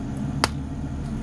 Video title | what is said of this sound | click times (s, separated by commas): AGORA Models 1:200 Scale Build the R.M.S. TITANIC Shipment - 21 (Build Video) | just like that and when you hear it click into place | 0.4 s